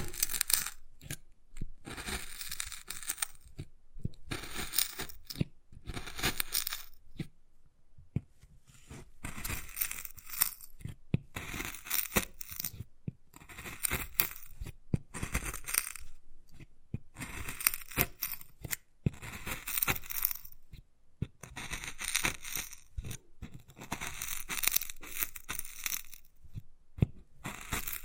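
Wood is carved, tapped and scratched in short, uneven strokes: bursts of dry, bright scraping start and stop every second or two, with brief silences between. Sharp clicks and taps land throughout, irregular and fairly frequent, over a quiet background.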